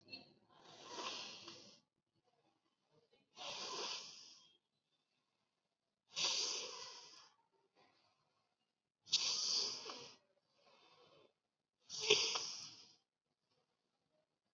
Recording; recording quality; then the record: deep breathing; excellent, no background noise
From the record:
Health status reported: COVID-19 positive, mild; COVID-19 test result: positive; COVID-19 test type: RT-PCR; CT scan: not taken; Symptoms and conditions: cough, sore throat, fatigue, muscle pain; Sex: male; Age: 40 years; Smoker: no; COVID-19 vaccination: both doses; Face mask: worn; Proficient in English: yes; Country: India